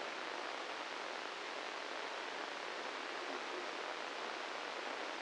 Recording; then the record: brain microelectrode recording played as sound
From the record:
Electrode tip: inside the subthalamic nucleus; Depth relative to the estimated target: 1 mm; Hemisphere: right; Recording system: NeuroSet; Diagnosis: Parkinson's disease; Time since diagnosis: 10 years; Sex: male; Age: 56 years